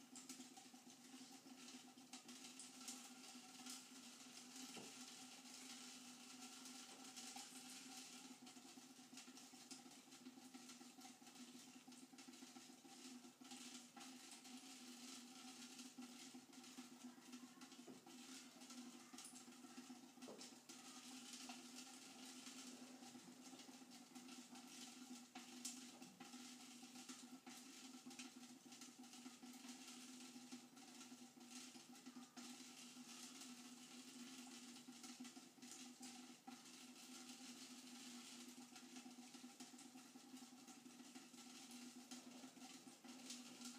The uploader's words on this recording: ASMR Water Dripping onto Tinfoil.